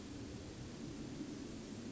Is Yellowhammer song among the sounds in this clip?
no